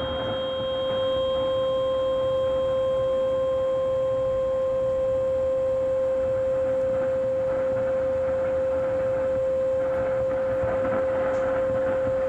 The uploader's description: RF Radio Frequency Interference 1620AM